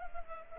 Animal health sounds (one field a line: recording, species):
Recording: mosquito wingbeat signal from an infrared sensor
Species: Culex pipiens